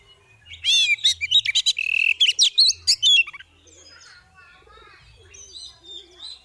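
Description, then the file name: Oriental magpie-robin giving a rapid burst of sharp chirps, rising whistles and harsh buzzy notes for a few seconds, then faint birdsong. Female kacer (Oriental magpie-robin) calling in the ngeriwik and ngeplong styles; recording intended as bird therapy audio. "Terapi Suara Burung Kacer Betina Ngeriwik Ngeplong"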